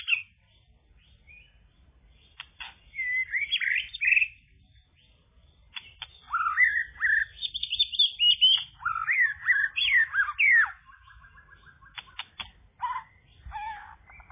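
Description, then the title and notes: Bird singing a varied run of high whistles, chirps and quick trills, starting and stopping in bursts with short silences between phrases. "Bird Sound. Kicau Burung Lengkap"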